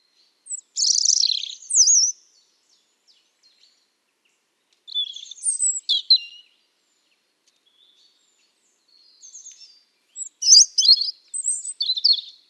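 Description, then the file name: European robin song: three separate bursts of high, thin, warbling phrases with quick slurred notes, split by silent pauses of a few seconds. "Erithacus rubecula"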